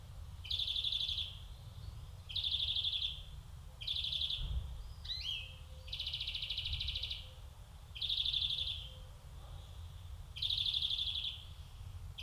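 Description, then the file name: European greenfinch delivering a run of bright, rapid rattling trills, each lasting about a second, with a brief twittered note in between and low background rumble. "Chloris chloris"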